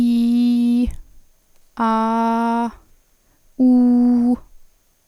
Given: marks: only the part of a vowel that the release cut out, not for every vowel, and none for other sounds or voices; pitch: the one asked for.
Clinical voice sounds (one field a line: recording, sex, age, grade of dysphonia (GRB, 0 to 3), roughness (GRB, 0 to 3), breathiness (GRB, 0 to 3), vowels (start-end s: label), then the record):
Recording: sustained vowels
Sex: female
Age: 20 to 29 years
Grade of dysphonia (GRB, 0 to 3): 0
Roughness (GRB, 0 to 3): 0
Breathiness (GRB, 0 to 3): 0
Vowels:
0.00-0.79 s: vowel /i/, normal pitch
1.91-2.63 s: vowel /a/, normal pitch
3.68-4.28 s: vowel /u/, normal pitch
From the record:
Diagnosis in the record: healthy voice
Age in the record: 26 years